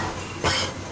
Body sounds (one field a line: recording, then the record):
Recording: coughing mixed with background sound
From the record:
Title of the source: Dry Coughing Fit in the Afternoon.